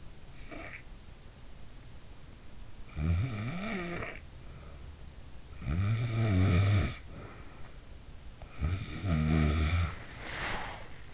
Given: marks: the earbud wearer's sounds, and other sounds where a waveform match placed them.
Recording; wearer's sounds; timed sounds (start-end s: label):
sounds in sleep by an in-ear microphone; snoring breath, body movement
0.00-1.10 s: snoring breath
2.51-4.80 s: snoring breath
5.14-7.77 s: snoring breath
8.46-11.14 s: snoring breath
10.00-11.14 s: body movement